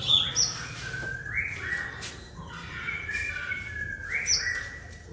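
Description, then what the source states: White-rumped shama song of drawn-out whistled notes and short phrases, repeated several times over steady loud background noise and a low hum. Lure recording of a fierce, aggressive white-rumped shama.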